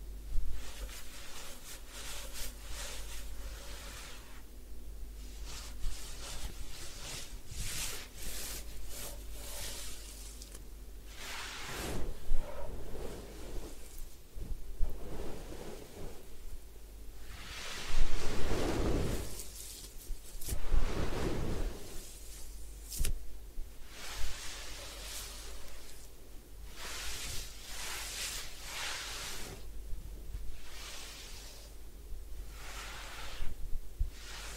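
A head spa hair wash, with bursts of wet rubbing and scrubbing that swell and fade every few seconds, the busiest and loudest stretch falling between about 12 and 22 seconds. A constant low hum runs underneath, and a faint steady tone is heard early on.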